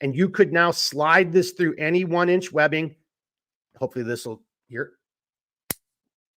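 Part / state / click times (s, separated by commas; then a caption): buckle male end into buckle female housing on one-inch webbing / seated / 5.7 s. Someone talks, then the male end of a buckle on one-inch webbing is pushed into its female housing. It locks with a single sharp click at 5.7 s and seats solidly.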